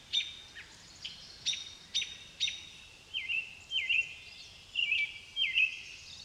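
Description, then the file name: Blackbird giving several sharp clicking notes, then four similar slurred warbled phrases, with a soft hiss behind. Recorded in the countryside at a pond. "Amos Pond Blackbirds"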